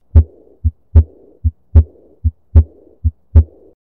Aortic regurgitation, instead, is where the aortic valve is insufficient, and blood flows back from the aorta into the left ventricle during early diastole. Although a murmur of the aortic valve, it is best heard at the second to fourth intercostal spaces on the left side of the sternum, because this is the direction of the turbulent blood flow. It has a blowing, decrescendo character and does not generally radiate.